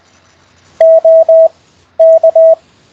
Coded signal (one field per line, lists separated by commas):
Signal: Morse code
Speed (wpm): 20 wpm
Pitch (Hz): 650 Hz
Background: none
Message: OK